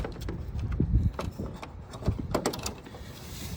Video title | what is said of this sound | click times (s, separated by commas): How to install 2016-2018 Silverado 1500 LED emblem | and just make sure you hear that snap there we go and once your shirt it's secured and placed in push | 2.4 s, 2.5 s